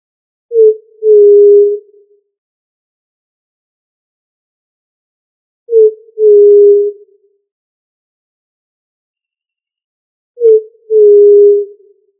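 Pigeon cooing: a short low note followed by a longer, steady hooting note, the pair repeated about every five seconds in otherwise quiet surroundings.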